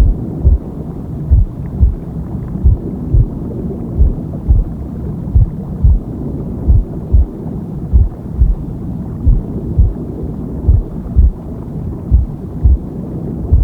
Womb Sound with Heartbeat Deep Sleep.